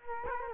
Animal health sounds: mosquito wingbeat signal from an infrared sensor; Culex quinquefasciatus

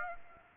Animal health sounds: mosquito wingbeat signal from an infrared sensor; Aedes aegypti

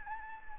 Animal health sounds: mosquito wingbeat signal from an infrared sensor; Anopheles gambiae

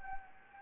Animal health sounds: mosquito wingbeat signal from an infrared sensor; Anopheles gambiae

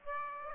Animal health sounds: mosquito wingbeat signal from an infrared sensor; Aedes aegypti

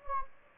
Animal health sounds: mosquito wingbeat signal from an infrared sensor; Anopheles gambiae

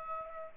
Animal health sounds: mosquito wingbeat signal from an infrared sensor; Aedes aegypti

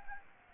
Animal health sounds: mosquito wingbeat signal from an infrared sensor; Anopheles gambiae

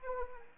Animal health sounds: mosquito wingbeat signal from an infrared sensor; Anopheles arabiensis

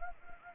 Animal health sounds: mosquito wingbeat signal from an infrared sensor; Anopheles gambiae

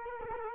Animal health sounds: mosquito wingbeat signal from an infrared sensor; Culex quinquefasciatus

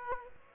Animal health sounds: mosquito wingbeat signal from an infrared sensor; Aedes aegypti

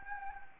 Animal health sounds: mosquito wingbeat signal from an infrared sensor; Anopheles gambiae

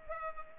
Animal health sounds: mosquito wingbeat signal from an infrared sensor; Culex pipiens

